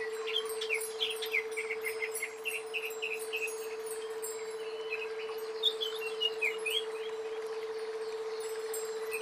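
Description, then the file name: Greater green leafbird song: a lively string of sharp chirps and short whistled slurs throughout, with a steady electrical-sounding hum underneath. "cucak ijo"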